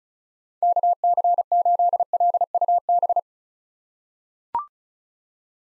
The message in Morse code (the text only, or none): KC8LUB